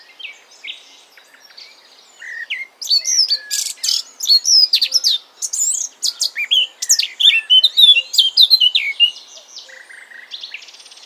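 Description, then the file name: Eurasian blackcap song: quiet scratchy twittering for nearly three seconds, then a loud, fast, varied warble of rich whistled and chattering notes that quietens near the end. "Sylvia atricapilla"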